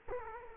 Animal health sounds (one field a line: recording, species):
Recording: mosquito wingbeat signal from an infrared sensor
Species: Culex quinquefasciatus